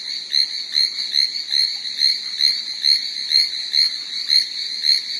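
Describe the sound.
Chinese tree frog giving fast repeated high, metallic calls, roughly two per second, rhythmic and even over a faint background hiss.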